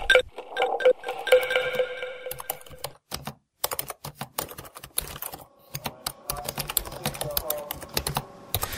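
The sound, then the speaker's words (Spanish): Rapid, irregular clicking of keys on a computer keyboard as someone types up statements and a report, sharp taps in uneven bursts with brief pauses, while a voice and tonal sounds murmur underneath at times. “No sabe cómo me duelen los dedos por este teclado de mierda y la espalda por esta silla chota, jefe.”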